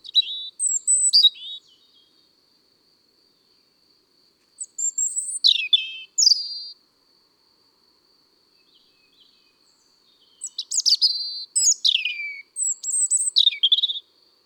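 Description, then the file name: European robin song delivered in separate bursts of high, liquid, descending whistles and twitters, with long silent gaps between phrases. Recorded in January. "Janvier Le Rougegorge familier"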